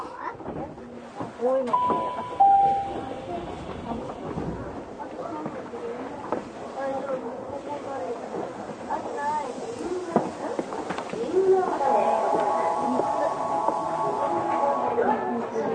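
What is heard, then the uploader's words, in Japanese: Inside a Tokyu 6000 series train running between Azamino and Oimachi, passengers talk over a steady low rumble of the car. A few clicks and knocks come through early on, and from about twelve seconds a sustained whining tone rises as the train moves. 東急6000系 あざみ野〜大井町。田園都市線から大井町線に直通する急行大井町行を録音。二子玉川から大井町線に入る。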